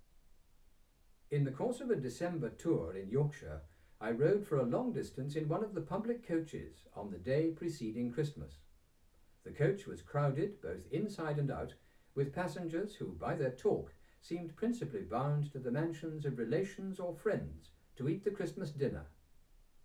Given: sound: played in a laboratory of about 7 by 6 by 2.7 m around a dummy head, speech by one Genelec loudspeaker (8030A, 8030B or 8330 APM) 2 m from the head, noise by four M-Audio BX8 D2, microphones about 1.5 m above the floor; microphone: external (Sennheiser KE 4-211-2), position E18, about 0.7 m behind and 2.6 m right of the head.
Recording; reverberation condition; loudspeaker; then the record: male speech in English; low; 60 degrees to the left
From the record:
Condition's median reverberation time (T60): about 310 ms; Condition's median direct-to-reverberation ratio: about 3.5 dB